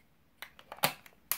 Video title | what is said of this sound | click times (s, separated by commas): Profusion Rituals Collection Review and Tutorial | Clicked. Clicked. | 0.8 s, 1.3 s